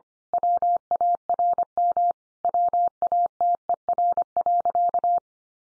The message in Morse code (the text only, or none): WARM WATER.